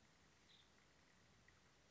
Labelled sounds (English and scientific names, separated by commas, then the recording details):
Nuttall's Woodpecker (Dryobates nuttallii)
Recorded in Sonoma County, California